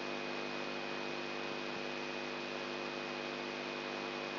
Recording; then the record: brain microelectrode recording played as sound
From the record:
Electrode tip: outside the subthalamic nucleus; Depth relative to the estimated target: -8 mm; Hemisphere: right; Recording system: AlphaMap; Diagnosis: Parkinson's disease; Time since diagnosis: 11 years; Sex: male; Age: 67 years